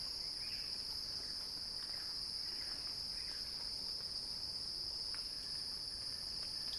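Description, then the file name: Cicadas give a steady, unbroken high buzzing drone with an overtone above it, and faint short chirps flick in the background. Cicada song building as a crescendo. "earth-fm Axel-Drioli Cicada-Crescendo-Sounding-Wild"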